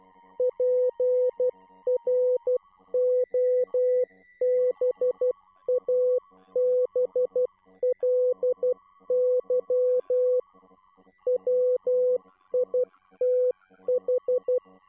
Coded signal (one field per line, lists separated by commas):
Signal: Morse code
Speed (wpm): 12 wpm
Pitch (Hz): 500 Hz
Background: music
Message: PROBABLY WITH